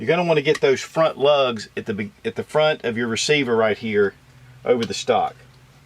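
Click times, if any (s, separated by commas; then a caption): none. A Ruger 10/22 rifle receiver is being handled into a Gungner GR22 aftermarket aluminium chassis stock, rested on a solid surface and pushed down and forward so the front lugs line up at the front of the receiver over the stock, which takes some force. Someone talks throughout, with quiet handling noise in a pause near the end. Nothing has seated or clicked yet.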